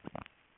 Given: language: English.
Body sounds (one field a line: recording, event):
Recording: throat vibration sensor signal played as sound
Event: swallow